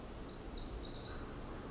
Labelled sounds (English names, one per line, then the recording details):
Pacific Wren
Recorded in Sonoma County, California